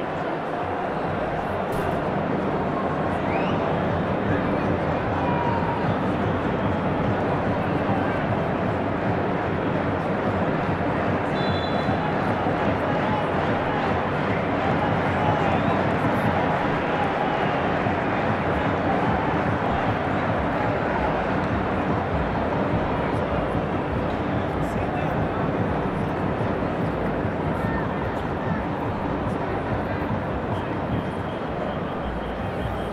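Crowd noise fills a football stadium at Wembley, a dense, steady roar of many voices blending together with no pauses. The level holds even throughout, with faint scattered calls and whistles surfacing briefly above the continuous murmur.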